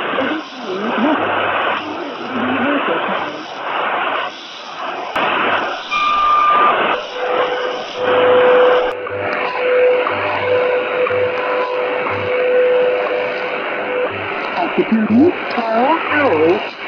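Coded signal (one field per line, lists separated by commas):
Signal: radio time signal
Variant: WWVH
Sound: steady low 500 Hz tone under loud shortwave static, fading, then whistling heterodynes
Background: radio static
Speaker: I am picking up wwvh on 15,000 KZ on the xh data d109 with the whip antenna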